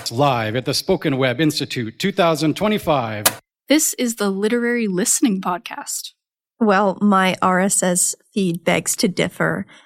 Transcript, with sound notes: It’s live at the SpokenWeb Institute, 2025.
[Record player clicks] This is The Literary Listening Podcast.
Well, my RSS feed begs to differ.